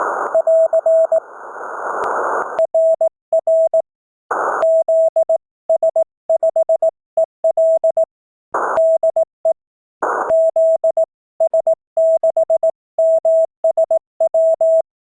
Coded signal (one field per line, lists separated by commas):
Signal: Morse code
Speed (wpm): 18 wpm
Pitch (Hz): 650 Hz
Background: none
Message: <AR> RR ZS5EL DE ZS6MSW